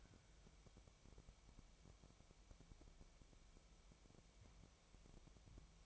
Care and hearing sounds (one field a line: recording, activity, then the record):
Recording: daily activity, microphone in the room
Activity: wipe stove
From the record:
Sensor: 1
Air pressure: 1001.6 hPa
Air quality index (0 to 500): 218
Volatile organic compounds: 27 ppm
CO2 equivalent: 2897 ppm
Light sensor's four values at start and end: 7/29/10/11 and 7/29/10/11